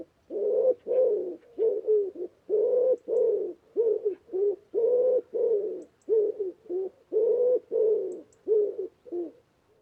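Bird giving a steady series of soft, low coos, about one and a half per second, across the whole stretch.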